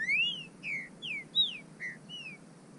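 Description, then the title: Bird call: a rising whistle followed by several short whistled notes, mostly falling. "burung"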